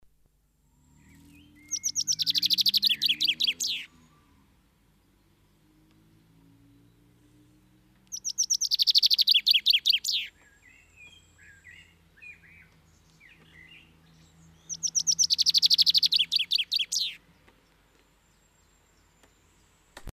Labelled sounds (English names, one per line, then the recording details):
Common Chaffinch song
Common Blackbird
Common Firecrest
Common Chiffchaff
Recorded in the wild
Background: Turdus merula, Regulus ignicapilla, Phylloscopus collybita
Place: Kaiserslautern, Rheinland-Pfalz, DE
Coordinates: 49.4247, 7.77889
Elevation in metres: 279
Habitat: garden
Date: 1983-05-23
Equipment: Nagra IV, Sennheiser MKH 405, Parabolreflektor
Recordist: Tretzel, Erwin
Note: Aufnahmen ab Mitte Mai 1983, beendet Pfingstmontag, 23.5.1983, Garten, Kaiserslautern: Gesang